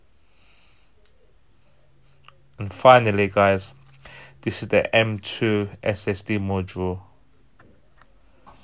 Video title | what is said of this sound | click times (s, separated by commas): HP 15s (10TH GEN) - How To Open - Upgrade Ram/SSD - Battery Replacement | and then you slow it in you will hear a clicking noise | 2.3 s